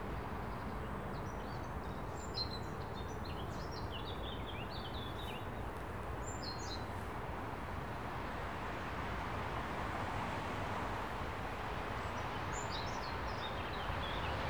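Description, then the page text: Sparrow chirping in short, scattered bursts of high notes, partly masked by a steady low rumble of traffic-like noise. "moineaux. Cartes postales sonores Acoucité"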